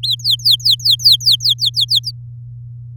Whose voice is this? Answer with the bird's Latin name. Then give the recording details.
Serinus canaria. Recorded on 8 May 2018 at 11:17. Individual llb16